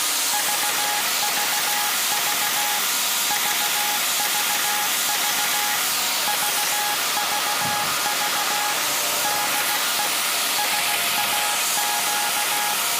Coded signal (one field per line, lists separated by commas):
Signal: Morse code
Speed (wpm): 16 wpm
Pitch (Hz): 830 Hz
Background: none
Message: VVV VVV VVV DE SAQ